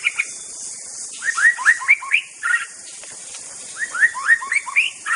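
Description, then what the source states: White-rumped shama song: bursts of short rising whistled notes in quick series, alternating higher and lower, a pause, then another similar burst. Wild forest white-rumped shama (Indonesian 'murai batu hutan').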